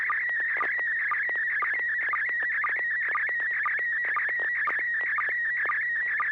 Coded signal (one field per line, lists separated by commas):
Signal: SSTV (slow-scan television)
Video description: River City ARCS SSTV Net 9 pm Wednesdays Pacific Time on N6NA FM repeater 441.30 MHz, Sacramento, CA